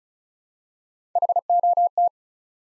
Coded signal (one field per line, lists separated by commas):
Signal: Morse code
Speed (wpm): 36 wpm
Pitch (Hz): 700 Hz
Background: none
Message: HOT